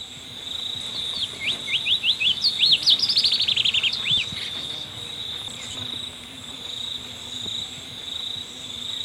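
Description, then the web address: Black-lored yellowthroat song: a quick jumble of high chirped notes running into a rapid descending series. Recorded in Ecuador. "Birds of Ecuador. Black-lored Yellowthroat"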